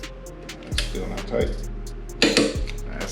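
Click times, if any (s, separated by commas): 2.2 s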